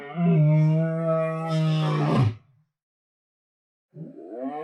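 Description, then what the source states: Lion moan, a sustained deep harmonic call of about two seconds ending in a rougher breathy fade, then a pause before another moan begins. Long moan.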